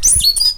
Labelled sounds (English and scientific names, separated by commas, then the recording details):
Stitchbird (Notiomystis cincta) song
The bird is a male
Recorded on Tiritiri Matangi Island, New Zealand, in 2005
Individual 19, of nest box 27